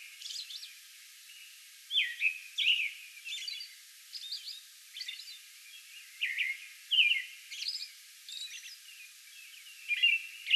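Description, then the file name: American robin warbled song phrases, softer at first and growing stronger, with high squeaky notes between them. Song bout recorded on May 11. "May 11 American Robin song bout"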